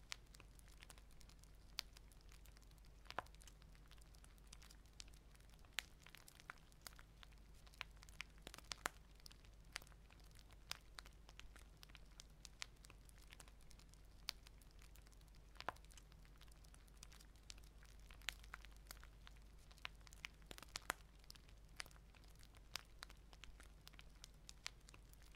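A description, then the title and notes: An open fire crackles steadily, with sharp pops and snaps scattered irregularly throughout, several louder ones standing out every few seconds. Beneath the crackling runs a constant low rumble, while a soft, dense hiss of smaller crackles fills the gaps. Crackling open fire sounds.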